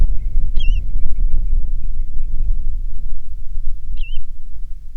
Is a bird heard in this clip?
yes